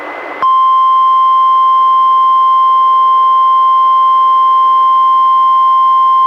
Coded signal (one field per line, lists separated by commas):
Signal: Emergency Alert System (SAME) tones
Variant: 1050 Hz attention tone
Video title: EAS #367-372: 6 NWR Required Weekly Tests- Jan. 22-Feb. 26, 2020